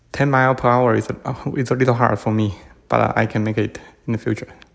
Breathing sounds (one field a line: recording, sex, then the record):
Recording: free speech after running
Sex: male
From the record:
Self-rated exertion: vigorous exertion (4 of 6)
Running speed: 10 miles an hour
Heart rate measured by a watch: 104 beats a minute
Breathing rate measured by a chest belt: 18 breaths a minute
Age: 37 years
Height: 174 cm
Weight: 76 kg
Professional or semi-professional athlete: no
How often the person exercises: over 5 times a week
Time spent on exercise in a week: over 5 hours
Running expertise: yes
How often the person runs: 3 to 5 times a week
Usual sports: running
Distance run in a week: 70 km